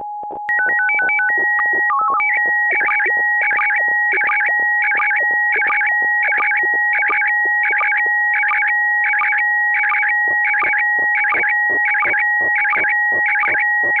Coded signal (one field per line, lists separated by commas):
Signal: SSTV (slow-scan television)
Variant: PD 90